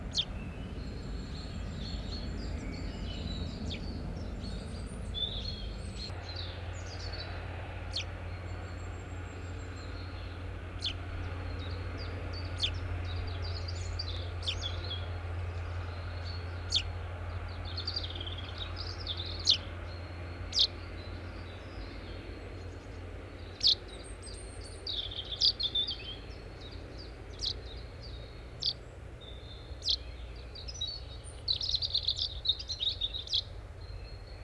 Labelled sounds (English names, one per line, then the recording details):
Common Chaffinch call
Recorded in the wild
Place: Wermelskirchen, Nordrhein-Westfalen, DE
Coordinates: 51.13, 7.25
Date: 1995-04-15
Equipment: Sony WM-D6C
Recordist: Skiba, Reinald
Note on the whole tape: Dhünn (am Oberlauf des Eifgenbach): "dellep", "schilp"; ähnlich Haussperling